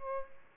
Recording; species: mosquito wingbeat signal from an infrared sensor; Aedes albopictus